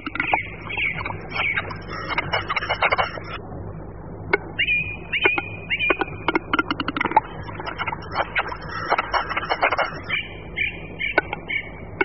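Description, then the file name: Western capercaillie display song: sharp knocking clicks that quicken into a scraping, hissing phrase, repeated several times. "Tetřev-hlušec"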